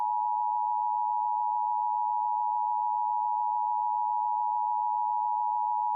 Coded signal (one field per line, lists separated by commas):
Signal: Emergency Alert System (SAME) tones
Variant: 853 and 960 Hz attention tone